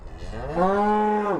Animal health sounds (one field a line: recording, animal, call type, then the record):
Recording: contact call of a hoofed animal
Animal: cattle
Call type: low-frequency (closed-mouth) or high-frequency (open-mouth) call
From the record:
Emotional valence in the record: negative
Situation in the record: full separation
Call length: 1.40 s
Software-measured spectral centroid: 1100 Hz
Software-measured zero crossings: 1170 a second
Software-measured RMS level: -23 dBFS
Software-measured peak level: -10 dBFS